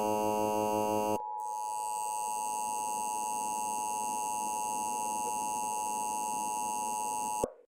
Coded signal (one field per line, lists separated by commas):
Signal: Emergency Alert System (SAME) tones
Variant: 853 and 960 Hz attention tone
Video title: Power plant Explosion and nuclear bomb and super large tornado on the ground EAS